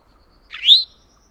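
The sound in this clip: Eastern towhee call: a single upslurred note sweeping quickly upward, clean and brief, with quiet all around.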